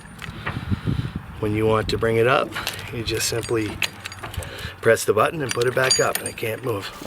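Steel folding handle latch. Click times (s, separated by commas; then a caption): 0.5 s. The release button on a steel Gold-Tip enclosed folding handle ratchet load binder is pressed and the folding handle is folded down, snapping into its locked position with a click at 0.5 s. Mechanical clicks and creaks follow while someone talks.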